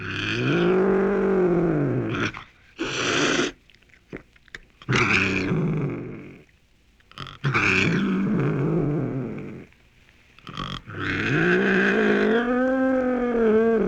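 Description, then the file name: Cougar giving repeated arching, moaning yowls with breathy noisy bursts and brief pauses between calls. "mountain lion"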